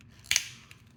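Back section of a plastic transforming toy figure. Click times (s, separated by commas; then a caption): 0.3 s, 0.4 s. The back section of a plastic transforming toy robot figure with clear plastic parts is pulled back during transformation until it clicks into position. A sharp, loud, bright double click is heard at 0.3 s and 0.4 s, followed by a short fading tail and a faint tick near 0.7 s. The back section seats in place.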